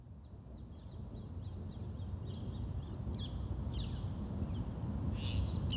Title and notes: Corbeaux - Crows. Parc de Wolvendael, 1180 Uccle, Belgium. Ambiance dans le parc, quelques oiseaux